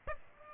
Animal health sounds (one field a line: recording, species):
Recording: mosquito wingbeat signal from an infrared sensor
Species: Aedes aegypti